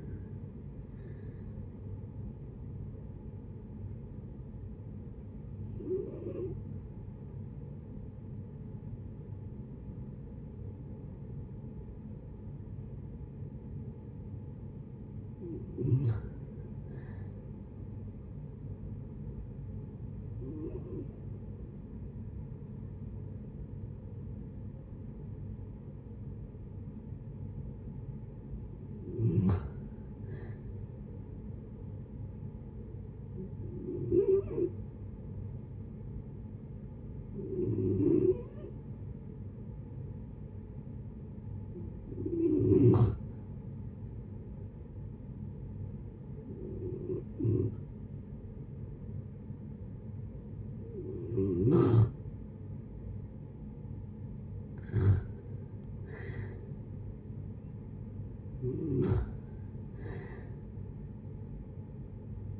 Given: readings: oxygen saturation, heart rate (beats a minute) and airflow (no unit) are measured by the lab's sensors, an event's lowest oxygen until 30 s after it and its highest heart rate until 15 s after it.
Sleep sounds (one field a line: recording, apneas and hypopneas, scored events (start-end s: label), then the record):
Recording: breathing in sleep by a smartphone at the bedside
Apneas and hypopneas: 3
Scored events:
8.00-19.90 s: hypopnea (N1, oxygen 94% highest, then 88% lowest, heart rate 61 at the start, 65 highest)
23.00-32.20 s: hypopnea (N1, oxygen 94% highest, then 88% lowest, heart rate 62 at the start, 68 highest)
43.00-56.60 s: hypopnea (N1, oxygen 91% highest, then 86% lowest, heart rate 64 at the start, 71 highest)
From the record:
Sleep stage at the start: N1 (lightest sleep)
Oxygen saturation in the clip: 62 to 94%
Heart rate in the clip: 59 to 71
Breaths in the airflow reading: 14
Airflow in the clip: -7.8 to 7.6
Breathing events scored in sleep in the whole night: 496 in 5.4 hours asleep